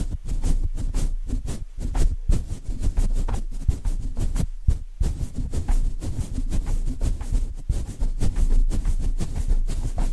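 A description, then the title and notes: Rhythmic brushing across a microphone, a steady run of soft scratchy strokes repeating several times a second with a deep rumbling thump underneath. The pattern holds for the full ten seconds, pausing briefly near the middle before resuming at the same pace. ASMR Rhythmic Mic Brushing (No Talking).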